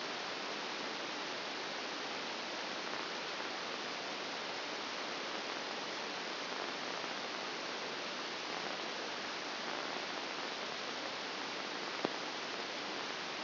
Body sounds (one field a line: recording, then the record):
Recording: brain microelectrode recording played as sound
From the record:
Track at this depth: outside the subthalamic nucleus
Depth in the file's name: 1.078 mm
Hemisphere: left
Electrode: 2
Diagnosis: Parkinson's disease